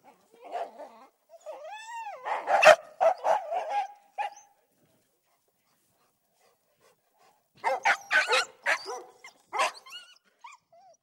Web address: Sound Effects-BBC. labrador and two sheep dogs barking exterior